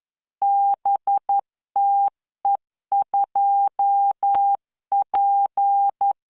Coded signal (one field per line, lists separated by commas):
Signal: Morse code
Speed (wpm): 11 wpm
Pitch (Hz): 800 Hz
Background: none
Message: BTE2P